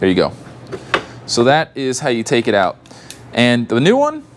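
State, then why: Not seated. A replacement plastic shroud body panel is handled on the frame of a 2025 Buzzaround LX (GB119) mobility scooter while someone talks, with brief sharp handling sounds near 0.7 and 0.9 seconds. The panel has not yet been pressed onto its clips, so nothing has seated or clicked into place yet.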